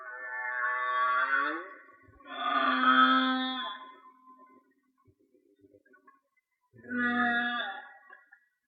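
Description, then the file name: Whale song: three moaning phrases, the first sliding upward, the next two steady and harmonic, with a quiet gap of faint clicks before the last. "Whale Song-colin"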